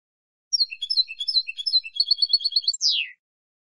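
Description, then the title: European goldfinch song, a run of high chirpy twitters and a fast repeated trill, closing on a long, falling buzzy note. "Jilguero"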